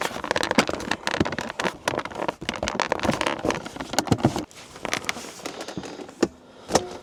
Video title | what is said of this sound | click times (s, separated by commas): Fix Your Cracked Silverado Armrest for Cheap (DIY Vinyl Replacement) | right, guys, I've gotten the bottom piece all popped into place. | 0.3 s, 0.6 s, 4.0 s, 4.9 s, 5.1 s, 6.8 s